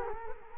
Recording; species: mosquito wingbeat signal from an infrared sensor; Culex quinquefasciatus